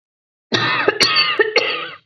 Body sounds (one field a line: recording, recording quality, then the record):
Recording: heavy voluntary cough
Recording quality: excellent, no background noise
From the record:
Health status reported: healthy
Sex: female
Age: 23 years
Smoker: no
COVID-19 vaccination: both doses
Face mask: not worn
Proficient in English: yes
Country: India